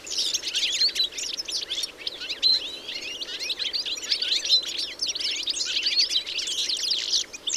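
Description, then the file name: European goldfinch twittering, continuous high chirps and liquid notes, loud and sustained. "Carduelis carduelis"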